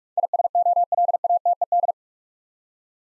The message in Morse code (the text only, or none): ISOLATED